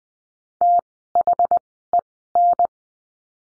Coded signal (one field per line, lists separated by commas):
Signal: Morse code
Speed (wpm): 20 wpm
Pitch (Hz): 700 Hz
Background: none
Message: THEN